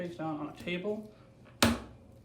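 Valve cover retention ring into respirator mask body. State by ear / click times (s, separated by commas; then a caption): seated / 1.6 s. A valve cover retention ring is pressed down onto a plastic respirator mask body lying face down on a table, with its triangle lined up at the top, while someone talks. At 1.6 s a single sharp snap is heard as the ring seats into place.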